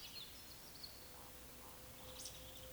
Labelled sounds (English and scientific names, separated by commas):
Eurasian Woodcock (Scolopax rusticola) whistle, Eurasian Woodcock (Scolopax rusticola) croak